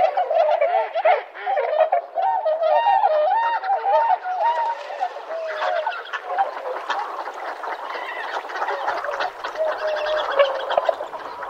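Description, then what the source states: Tundra swans in a busy chorus, many overlapping honks and wavering bugled notes, dense and continuous with no pauses throughout. Sugao marsh, Ibaraki Prefecture, Japan.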